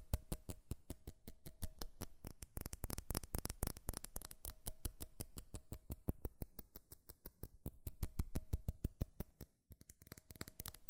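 Fast, furious tapping on metal, a dense run of sharp clicks that never settles into a steady beat. The taps bunch into quick bursts with slight pauses, a faint ringing tone hangs underneath, and a brief gap comes near the ten-second mark.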